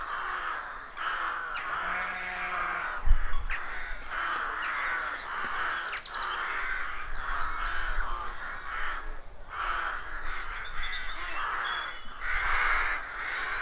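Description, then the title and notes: Rooks cawing together in a busy colony, rasping calls rising and falling, with a sharp knock, low rumble and brief chirps from small birds. Colony of more than 300 rooks nesting in a dozen roadside trees in deeply rural County Armagh, early spring; pairs greeting, squabbling with neighbours as first chicks hatch. "Sound Escape 113: Enjoy the stirring cacophony of a rook colony. We wandering in deeply rural County Armagh. It's early spring and the rooks rule the woodlands. BBC Countryfile Magazine's Sound Escapes"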